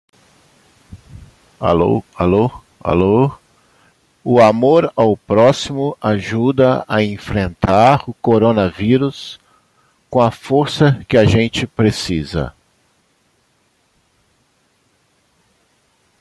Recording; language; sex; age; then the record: spoken sentence; Brazilian Portuguese; male; 60 to 69 years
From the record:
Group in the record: control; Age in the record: 64 years